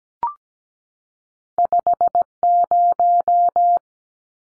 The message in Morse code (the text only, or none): 50